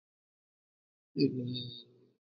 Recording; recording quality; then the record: sustained vowel as in beet; excellent, no background noise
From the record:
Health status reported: healthy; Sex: male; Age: 26 years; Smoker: no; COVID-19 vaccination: both doses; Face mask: worn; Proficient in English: yes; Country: India